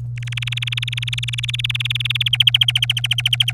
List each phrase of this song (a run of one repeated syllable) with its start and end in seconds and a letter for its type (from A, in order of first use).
0.17-2.29 A, 2.33-3.52 B